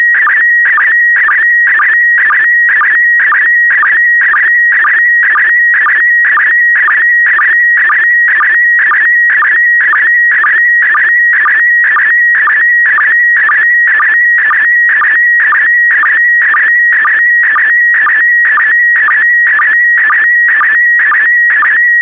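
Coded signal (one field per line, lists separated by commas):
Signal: SSTV (slow-scan television)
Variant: PD120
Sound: steady warbling whistle near 2 kHz with rhythmic chirps about twice a second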